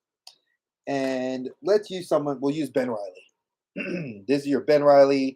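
A plastic hex display stand tile is pulled apart from an adjoining stand tile, giving a single sharp click at 0.3 s as the piece pops back out and is released. Someone then talks.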